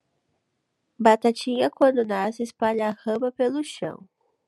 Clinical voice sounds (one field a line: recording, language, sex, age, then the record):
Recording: short text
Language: Brazilian Portuguese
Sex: female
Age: 20 to 29 years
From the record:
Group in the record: control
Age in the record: 24 years